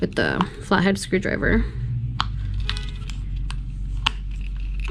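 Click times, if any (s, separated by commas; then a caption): 2.2 s, 2.7 s, 3.1 s, 3.5 s, 4.1 s. Someone talks while a flathead screwdriver pries around the seam of a plastic Jeep key fob shell to replace its battery. The internal hold-down clips release one by one with sharp clicks at 2.2, 2.7, 3.1, 3.5 and 4.1 seconds. The shell separates from the fob body and the fob opens.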